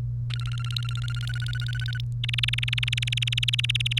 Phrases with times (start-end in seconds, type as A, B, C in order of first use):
0.30-2.01 A, 2.23-3.99 B